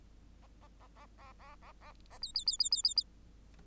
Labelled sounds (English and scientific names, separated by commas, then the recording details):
Bengalese Finch (Lonchura striata domestica) song
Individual Bird8